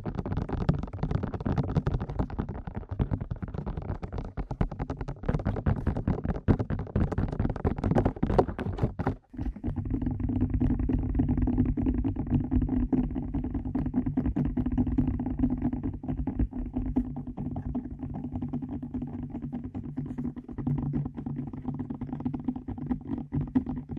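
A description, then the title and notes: Fast ear tapping makes a dense, muffled patter of rapid thumps; after a brief gap near nine seconds it turns duller and lower. ASMR Fast Ear Tapping (No Talking).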